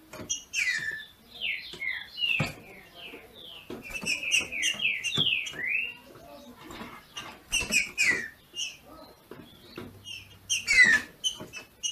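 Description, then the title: Green-winged saltator song: runs of quick, descending whistled notes, mostly in the first half, with sharp clicks and tapping noises. Female singing in male style to stimulate the male. "FÊ MEA DE TRINCA FERRO MACHEANDO PARA ESQUENTAR O MACHO"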